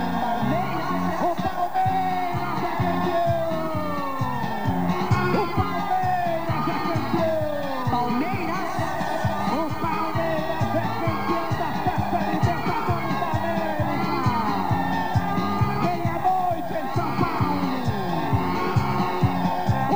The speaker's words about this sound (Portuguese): Torcida de pé, o grito de fora.